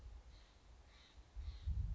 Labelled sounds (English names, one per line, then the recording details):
Steller's Jay
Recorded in Sonoma County, California